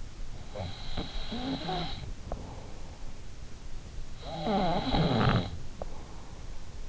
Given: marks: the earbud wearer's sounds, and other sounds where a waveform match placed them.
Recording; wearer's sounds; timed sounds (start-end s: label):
sounds in sleep by an in-ear microphone; snoring breath
0.17-2.63 s: snoring breath
3.48-5.94 s: snoring breath